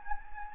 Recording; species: mosquito wingbeat signal from an infrared sensor; Anopheles gambiae